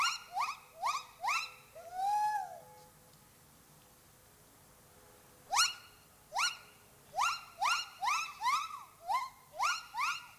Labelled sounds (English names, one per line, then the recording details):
Silvery Javan Gibbon
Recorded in captivity
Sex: male
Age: adult
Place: Münchner Tierpark Hellabrunn, Bayern, DE
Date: 2003-12-06 12:05
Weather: Regen, ca. 2°C
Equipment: Fair Mate ST-1328 (Asahi Electronics, Japan), Sennheiser ME 80, Kopie Uher 4000 Report Monitor
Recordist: Tembrock, Günter